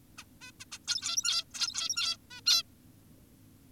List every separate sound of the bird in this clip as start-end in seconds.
0.18-0.24, 0.42-0.51, 0.60-0.65, 0.72-0.78, 0.88-1.44, 1.54-2.17, 2.31-2.41, 2.46-2.63